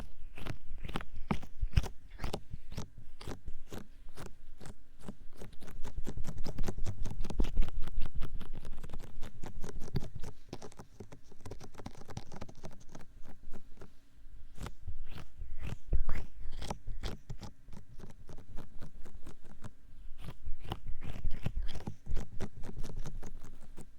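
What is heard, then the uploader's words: Odd trigger sounds from objects like a hollow tube, a silicone paw cleaner and stress balls: rapid crisp taps and crunchy clicks in dense bursts. Around five to ten seconds the tapping gives way to softer squishing and rubbing, with brief pauses near eleven and fourteen seconds. ASMR very odd & unsual triggers hollow tube, paw cleaning silicone, stress balls & more.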